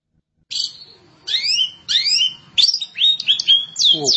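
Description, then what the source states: Long-tailed Shrike song: clear slurred whistles rising and falling, then quick jumbled twittering notes and a final swooping whistle. Recorded March 2017.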